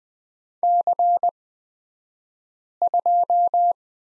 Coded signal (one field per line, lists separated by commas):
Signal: Morse code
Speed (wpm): 20 wpm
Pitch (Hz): 700 Hz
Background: none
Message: C2